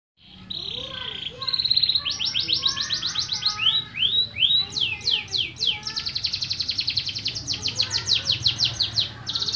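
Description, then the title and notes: Canary song opening with a soft tone, building into varied trills of sharp down-slurred notes, then long even runs of fast repeated chips, with faint low background hum. Master canary song (kenari masteran), described as solid (mantap). "Suara Burung Kenari Masteran. master suara burung kenari mantap"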